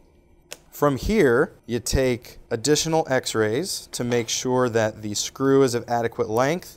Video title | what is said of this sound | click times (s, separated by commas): AL2 Avulsion Hook Plate: Volar Rim Fragment Under Plate Surgical Tech | torque limiting screwdriver until you hear an audible click | 0.5 s